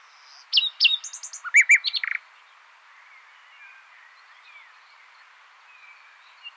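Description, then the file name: Common nightingale giving a brief rapid jumble of sharp clicks and whistled notes, then quiet with only faint slurred sounds. "Luscinia megarhynchos"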